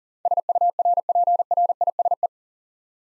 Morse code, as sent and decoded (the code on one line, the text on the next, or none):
... ..- .-. .--. .-. .. ... .
SURPRISE